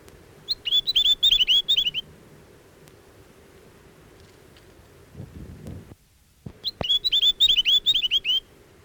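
Chatham Island tomtit song with two rapid bursts of sweet, dipping whistles separated by several seconds, and a brief low rumble between them.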